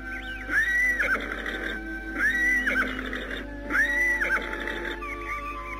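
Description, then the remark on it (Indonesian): Horses are led to a palace gate as a horse whinnies three times in a steady, evenly spaced pattern, each call a bright, wavering high-pitched neigh rising over a low, constant background hum. “menuntun kuda mereka hingga ke pintu gerbang istana.”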